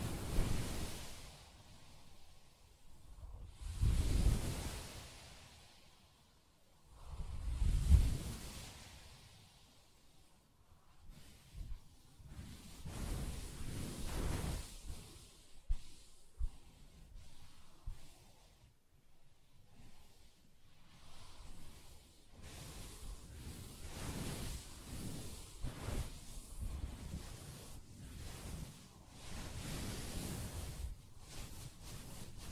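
Soft fabric is rubbed and scratched, with slow swelling swishes around 4 and 8 seconds that sound like surf. After about 10 seconds, quick dense scratching and light tapping take over, ragged and irregular, mostly low and muffled with some brighter hiss.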